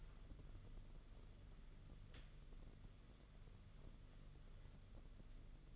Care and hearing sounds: daily activity, microphone in the room; wipe stove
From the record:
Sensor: 4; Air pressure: 995.4 hPa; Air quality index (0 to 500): 214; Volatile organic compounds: 249 ppm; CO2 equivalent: 4358 ppm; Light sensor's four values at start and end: 23/73/28/30 and 23/73/28/30

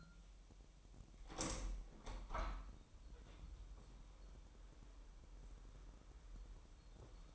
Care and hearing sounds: daily activity, microphone in the room; open window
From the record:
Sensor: 1

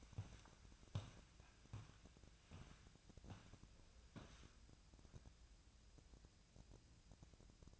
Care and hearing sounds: daily activity, microphone in the room; walk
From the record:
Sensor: 2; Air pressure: 1012.1 hPa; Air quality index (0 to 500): 169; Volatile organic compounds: 2 ppm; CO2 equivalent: 1235 ppm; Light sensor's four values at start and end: 36/82/38/43 and 44/116/49/54

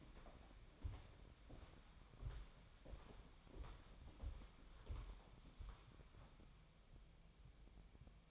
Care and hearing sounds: daily activity, microphone in the room; walk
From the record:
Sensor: 1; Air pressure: 1015.4 hPa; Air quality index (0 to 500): 125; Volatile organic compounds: 5 ppm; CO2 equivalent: 1714 ppm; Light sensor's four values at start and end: 10/26/10/11 and 14/33/14/15

